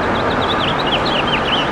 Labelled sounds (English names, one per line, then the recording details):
House Finch song
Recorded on Long Island, New York, on 28 June 2012
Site SB
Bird B